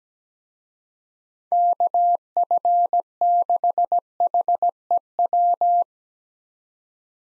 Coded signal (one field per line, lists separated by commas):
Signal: Morse code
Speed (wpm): 17 wpm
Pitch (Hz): 700 Hz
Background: none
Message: KF6HEW